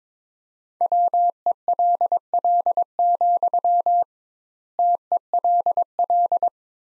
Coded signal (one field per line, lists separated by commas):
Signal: Morse code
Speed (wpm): 21 wpm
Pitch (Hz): 700 Hz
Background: none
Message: WELL, TELL